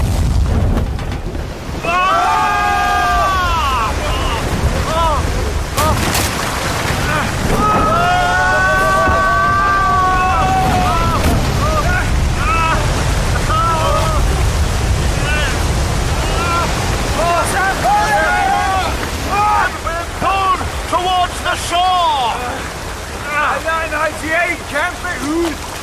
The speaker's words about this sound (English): The ground has opened up and the sea has been sucked into it and us along with it.